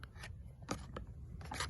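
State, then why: Not seated. A steel wrist-pin circlip is being worked past the lip of a piston pin boss toward its groove. Short metallic scraping and rasping sounds are heard, with several brief ticks spread through the clip. Nothing has seated or snapped into the groove yet.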